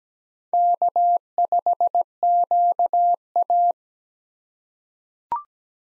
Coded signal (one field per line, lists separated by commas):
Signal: Morse code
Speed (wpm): 17 wpm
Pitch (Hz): 700 Hz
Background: none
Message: K5QA